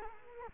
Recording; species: mosquito wingbeat signal from an infrared sensor; Culex quinquefasciatus